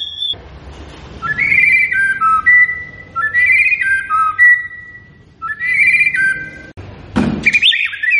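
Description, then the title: White-rumped shama song with three similar phrases of stepped whistles, each falling in pitch, followed by a loud harsh burst and a rising whistle. Lure recording intended to prompt the bird to sing and respond. "PANCINGAN MURAI BATU GACOR"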